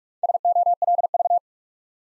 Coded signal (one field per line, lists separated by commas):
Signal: Morse code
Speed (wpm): 44 wpm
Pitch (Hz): 700 Hz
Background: none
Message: SOLV